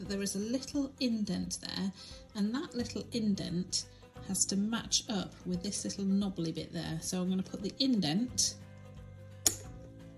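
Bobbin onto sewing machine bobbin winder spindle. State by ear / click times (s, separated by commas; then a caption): seated / 9.5 s. An empty plastic bobbin is pushed onto a sewing machine's bobbin-winder spindle, its indent lined up with the spindle's small knob. Someone talks over quiet background music, then a short, sharp click at 9.5 s marks the bobbin seating onto the spindle.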